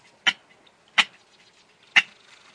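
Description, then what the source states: Ridgway's rail calls: three sharp, dry clicking notes, with faint background noise between them. Secretive, endangered salt marsh bird of San Francisco Bay, formerly known as the California clapper rail; described as having a singular voice.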